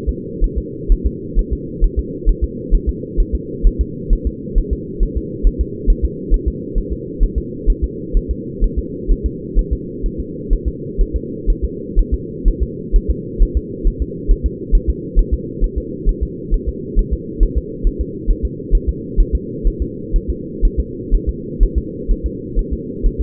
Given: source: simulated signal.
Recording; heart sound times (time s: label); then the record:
fetal heart sounds
0.09 s: S2
0.44 s: S1
0.58 s: S2
0.92 s: S1
1.06 s: S2
1.39 s: S1
1.53 s: S2
1.84 s: S1
1.99 s: S2
2.29 s: S1
2.44 s: S2
2.75 s: S1
2.89 s: S2
3.20 s: S1
3.35 s: S2
3.67 s: S1
3.81 s: S2
4.13 s: S1
4.27 s: S2
4.58 s: S1
4.73 s: S2
5.03 s: S1
5.17 s: S2
5.47 s: S1
5.61 s: S2
5.90 s: S1
6.05 s: S2
6.34 s: S1
6.48 s: S2
6.78 s: S1
6.93 s: S2
7.24 s: S1
7.38 s: S2
7.70 s: S1
7.84 s: S2
8.17 s: S1
8.31 s: S2
8.64 s: S1
8.78 s: S2
9.12 s: S1
9.26 s: S2
9.59 s: S1
9.73 s: S2
10.06 s: S1
10.20 s: S2
10.53 s: S1
10.68 s: S2
11.01 s: S1
11.16 s: S2
11.50 s: S1
11.65 s: S2
11.99 s: S1
12.14 s: S2
12.48 s: S1
12.63 s: S2
12.96 s: S1
13.10 s: S2
13.43 s: S1
13.57 s: S2
13.88 s: S1
14.02 s: S2
14.31 s: S1
14.46 s: S2
14.75 s: S1
14.90 s: S2
15.19 s: S1
15.34 s: S2
15.64 s: S1
15.78 s: S2
16.09 s: S1
16.23 s: S2
16.54 s: S1
16.69 s: S2
16.99 s: S1
17.13 s: S2
17.43 s: S1
17.58 s: S2
17.87 s: S1
18.01 s: S2
18.31 s: S1
18.45 s: S2
18.75 s: S1
18.89 s: S2
19.20 s: S1
19.35 s: S2
19.68 s: S1
19.82 s: S2
20.16 s: S1
20.30 s: S2
20.65 s: S1
20.80 s: S2
21.15 s: S1
21.29 s: S2
21.63 s: S1
21.78 s: S2
22.11 s: S1
22.26 s: S2
22.59 s: S1
22.73 s: S2
23.06 s: S1
23.21 s: S2
From the record:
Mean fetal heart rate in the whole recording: 130 bpm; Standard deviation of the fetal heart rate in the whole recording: 4 bpm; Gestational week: 38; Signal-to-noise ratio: -4.1 dB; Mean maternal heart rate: no maternal heart sound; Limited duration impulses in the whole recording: absent